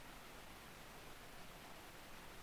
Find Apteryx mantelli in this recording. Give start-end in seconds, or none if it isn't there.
none